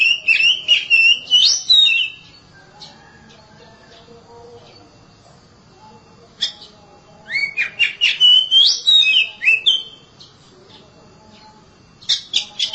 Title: Suara Kicauan Burung Kacer